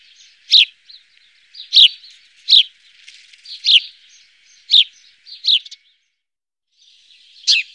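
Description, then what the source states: House sparrow chirping: a series of short bright chirps with a few softer notes between them, then a brief pause and one final chirp. Recorded in Germany, Austria or Switzerland.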